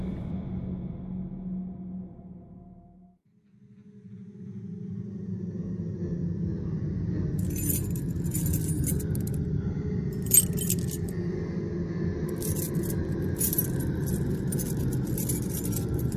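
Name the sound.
bunch of keys jangling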